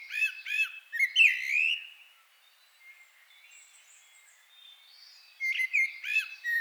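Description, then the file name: Common blackbird song: several clear fluty notes sliding into a warble, a soft lull, then more rich whistled notes. "Turdus merula"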